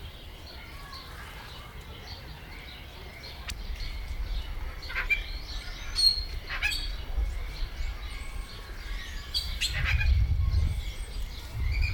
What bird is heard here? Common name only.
Crested Myna